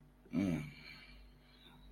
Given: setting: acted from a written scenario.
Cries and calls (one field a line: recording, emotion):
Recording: vocal sound without words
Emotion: romantic love